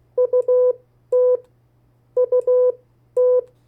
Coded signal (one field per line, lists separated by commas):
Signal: Morse code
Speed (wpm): 16 wpm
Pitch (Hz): 500 Hz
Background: none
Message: UT UT